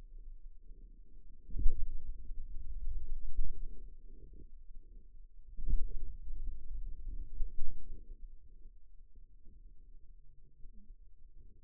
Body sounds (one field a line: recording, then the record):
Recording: forearm muscle sounds (acoustic myography)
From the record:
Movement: finger pinch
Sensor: system 2, bracelet of six BSWA MPA416 microphones around the upper forearm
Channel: 5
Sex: male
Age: 22 years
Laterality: right